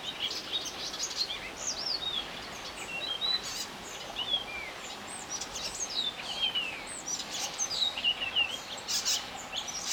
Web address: linnut kultarinta